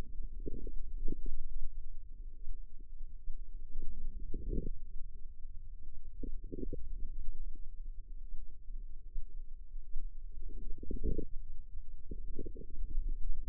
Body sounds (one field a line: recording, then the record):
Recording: forearm muscle sounds (acoustic myography)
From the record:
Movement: wrist flexion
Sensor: system 2, bracelet of six BSWA MPA416 microphones around the upper forearm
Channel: 1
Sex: female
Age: 25 years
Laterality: right